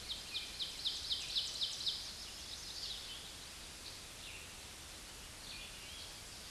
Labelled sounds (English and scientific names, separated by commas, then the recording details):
Ovenbird (Seiurus aurocapilla) song
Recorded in a Pennsylvania forest on 16 May 2024 at 07:34
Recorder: AudioMoth, point MSD-0690
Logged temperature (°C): 16.0 °C
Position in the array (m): 212 m, 129 m